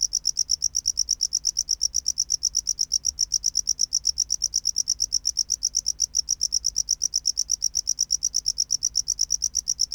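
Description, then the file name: Tropical house cricket producing a steady, fast sequence of high chirps, evenly timed and uninterrupted from start to finish. "Bio Acoustica Gryllodes sigillatus"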